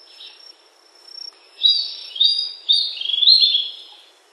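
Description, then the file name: Warbler song: a run of bright, high, slurred phrases that step downward, rising to a fuller burst near the end, over a steady thin insect whine. Recorded on the Sendero Macuco trail, Misiones, in 2010. "MB--Mosquitero----Sendero-Macuco-Misiones-2010"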